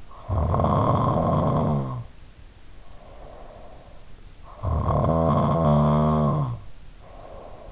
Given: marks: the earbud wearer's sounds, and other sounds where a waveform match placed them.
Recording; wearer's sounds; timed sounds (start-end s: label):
sounds in sleep by an in-ear microphone; snoring breath
0.11-3.89 s: snoring breath
4.69-7.71 s: snoring breath